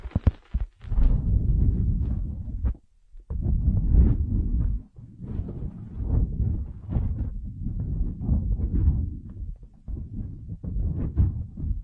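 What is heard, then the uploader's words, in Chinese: Ear massage: a muffled, low rubbing and thumping that presses on almost continuously, with faint crackly bursts riding on top. A few sharp taps open the clip, and the rubbing stops briefly near three seconds and again just before five. 按摩耳朵，一些让人放松的声音。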